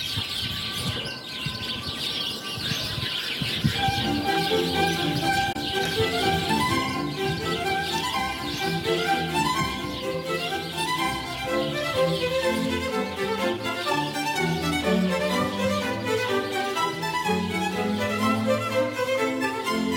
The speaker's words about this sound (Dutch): Ze schrijft, iedere dag komen de mussen. Een hoop kabaal, erg actief. Maar oh, zo leuk om naar te kijken en te luisteren. Gewone vogeltjes, maar ook weer heel uniek.